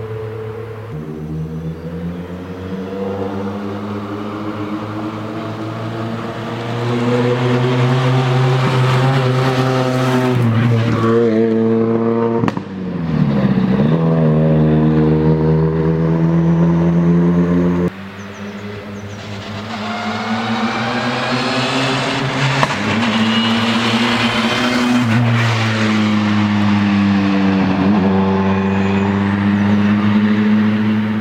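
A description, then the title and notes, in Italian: Rally cars roar through, engines revving up and down in long rising sweeps with gear changes around 10, 13 and 25 seconds. A steady low rumble runs underneath. The sound swells louder from about 7 to 18 seconds, then drops back and builds again. Rally nella Riserva Naturale del Pigelleto. Video testimonianza dell'attraversamento della Riserva Naturale del Pigelleto ( Piancastagnaio - SI ) del Rally della Val D'Orcia.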